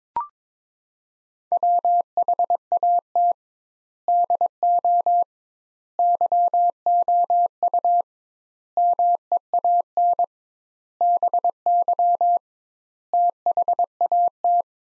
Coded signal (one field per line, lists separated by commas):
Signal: Morse code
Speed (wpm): 22 wpm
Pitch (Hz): 700 Hz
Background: none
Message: WHAT DO YOU MEAN BY THAT